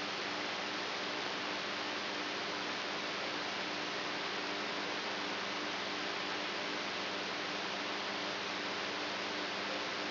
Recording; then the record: brain microelectrode recording played as sound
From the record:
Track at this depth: inside the subthalamic nucleus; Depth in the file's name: 5.112 mm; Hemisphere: right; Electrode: 3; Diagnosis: Parkinson's disease